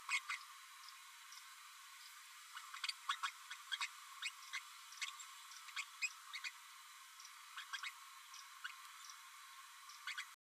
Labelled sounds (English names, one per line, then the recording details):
Green-rumped Parrotlet babbling
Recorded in a nest box in Venezuela
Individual 18B12A3